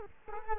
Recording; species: mosquito wingbeat signal from an infrared sensor; Culex quinquefasciatus